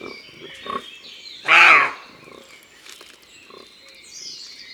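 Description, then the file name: Roe deer uttering one loud, coarse bark midway through, with soft scattered sounds and faint high background noise around it. Recorded in a forest. "Imagier Chevreuil Un jour dans la foret"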